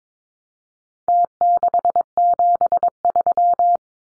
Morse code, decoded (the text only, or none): T673